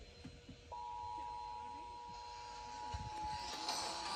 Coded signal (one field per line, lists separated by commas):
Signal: Emergency Alert System (SAME) tones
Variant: 853 and 960 Hz attention tone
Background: speech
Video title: MCLEAN AND RANKIN COUNTIES… Mass. and NH Required Monthly Tests - January 2025 (EAS #1,524-1,535)